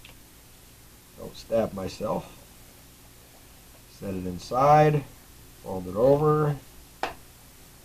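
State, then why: Seated. Someone talks while a knife is set inside its leather sheath and the flap is folded over. The snap fastener on the leather sheath flap is pressed shut with a sharp click at 7.0 s, and it snaps into place.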